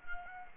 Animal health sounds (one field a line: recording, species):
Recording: mosquito wingbeat signal from an infrared sensor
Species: Culex quinquefasciatus